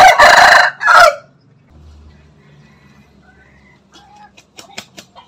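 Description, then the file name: Chicken crowing, the loud end of a harsh crow at the start, then quiet, followed by soft clucks and clicks. Bangkok rooster crowing. "suara ayam bangkok berkokok"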